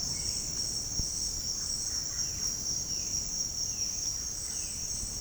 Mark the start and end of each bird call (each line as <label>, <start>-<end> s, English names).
Russet-backed Oropendola, 1.45-2.30 s
Violaceous Jay, 2.08-4.87 s